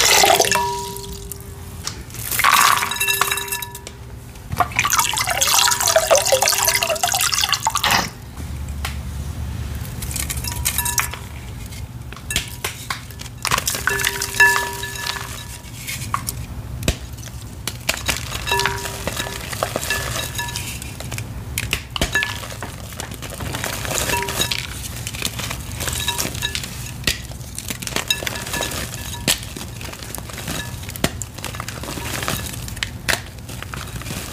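Crumbly crushing of gym chalk in bursts, with soft watery splashes and drips, steady low hum beneath throughout.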